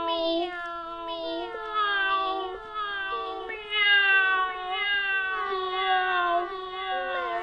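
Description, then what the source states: Domestic cat: cats meowing insistently, long, slightly falling, whining meows following one another with little pause. Several hungry cats.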